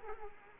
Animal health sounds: mosquito wingbeat signal from an infrared sensor; Culex quinquefasciatus

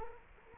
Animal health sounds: mosquito wingbeat signal from an infrared sensor; Culex quinquefasciatus

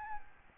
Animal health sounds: mosquito wingbeat signal from an infrared sensor; Aedes albopictus

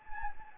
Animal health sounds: mosquito wingbeat signal from an infrared sensor; Anopheles gambiae

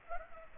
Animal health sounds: mosquito wingbeat signal from an infrared sensor; Aedes aegypti

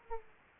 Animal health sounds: mosquito wingbeat signal from an infrared sensor; Aedes aegypti

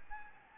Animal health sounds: mosquito wingbeat signal from an infrared sensor; Anopheles gambiae

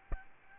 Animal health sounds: mosquito wingbeat signal from an infrared sensor; Aedes albopictus

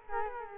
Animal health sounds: mosquito wingbeat signal from an infrared sensor; Culex quinquefasciatus

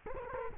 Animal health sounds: mosquito wingbeat signal from an infrared sensor; Culex quinquefasciatus

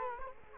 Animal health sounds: mosquito wingbeat signal from an infrared sensor; Culex quinquefasciatus

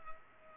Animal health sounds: mosquito wingbeat signal from an infrared sensor; Culex pipiens

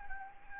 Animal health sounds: mosquito wingbeat signal from an infrared sensor; Anopheles gambiae

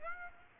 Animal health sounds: mosquito wingbeat signal from an infrared sensor; Aedes aegypti

